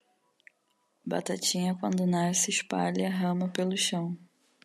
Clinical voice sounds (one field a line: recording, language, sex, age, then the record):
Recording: short text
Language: Brazilian Portuguese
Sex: female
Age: 20 to 29 years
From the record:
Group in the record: control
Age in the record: 26 years